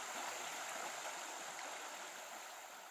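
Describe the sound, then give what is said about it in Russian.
A stream of clear, clean water flows steadily, its continuous rushing and babbling hiss holding an even level throughout, easing off slightly at the end, with no voices. “Ну и искупаться в чистой незамутненной воде тоже не самый последний пункт в плюсах.”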